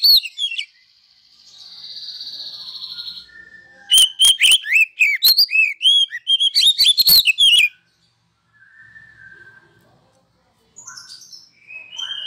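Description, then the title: Oriental magpie-robin song: a long steady high buzzy tone, then a dense burst of varied sharp whistled notes and clicks, followed by quieter scattered phrases. Masteran (training) recording of a kacer, played to provoke other kacer into singing vigorously (gacor); reported as having made a kacer into a champion. "Masteran Kacer Yang Sukses Memancing Kacer Gacor Sampai Jadi Juara"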